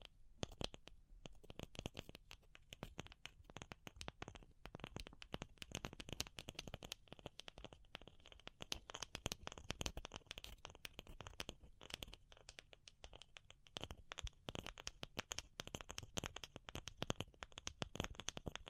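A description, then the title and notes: Fingertip tapping runs without pause, mostly quick clusters of sharp taps with a few slower stretches, especially near the middle and again around thirteen seconds. Each tap is crisp and bright with a soft low thump, over a faint steady hiss and some light scratchy rubbing. ASMR Pure Tapping Fast and Slow (No Talking).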